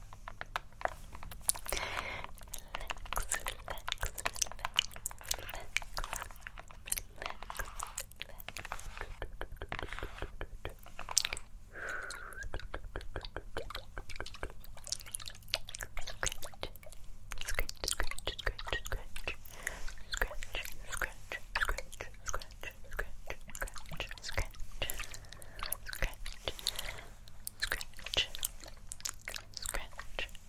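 Face touching and invisible scratches with layered sounds: dense, crackly scratching and tapping run continuously for the whole half minute, with quick irregular clicks and rustles. A soft low hum sits underneath, and faint whispery, chewing-like mouth sounds drift in and out.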